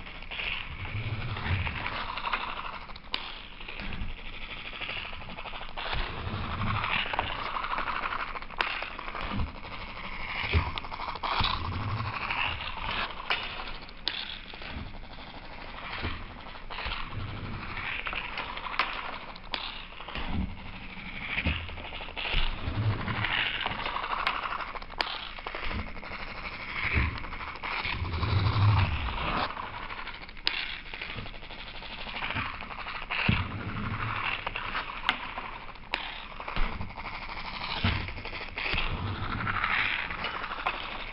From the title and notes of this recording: The soundscapes are constructed from recordings of simple autonomous kinetic drawing apparatus that were set up and left to operate for extended periods of time without intervention. Each apparatus is a unique combination of modified turntable, found objects, rods, cables, and pens, in an assemblage suspended from a camera tripod. The sounds were manipulated by layering, time shifting, EQ and other simple effects.